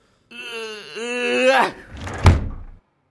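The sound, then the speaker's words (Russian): A long, wavering creak of door hinges rises and bends in pitch, followed by one loud, heavy door slam with a booming thud that quickly fades, as a man leaving slams the door. “Ушел бывший хозяин, несолоно хлебавши, громко-громко дверью хлопнул.”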